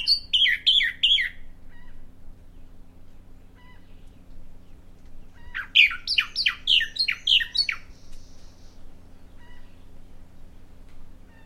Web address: songs Bahama Mockingbird